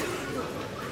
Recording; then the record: coughing mixed with background sound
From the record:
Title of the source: 34 coughing up crap again